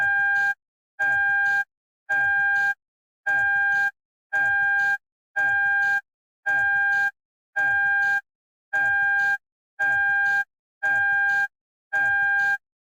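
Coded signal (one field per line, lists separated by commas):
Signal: alarm pattern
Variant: Toyota car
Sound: steady repeating electronic beeps, about one per second, over low rumble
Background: low engine rumble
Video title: Toyota car seatbelt beep sound effect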